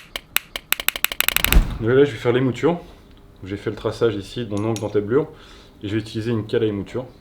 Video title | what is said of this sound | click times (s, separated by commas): FABRICATION d'un couteau pliant de A à Z | Donc ça se déclipse, ça clipse, ça clipse, clipse. | 0.4 s, 0.7 s, 0.9 s, 1.0 s, 1.2 s, 1.3 s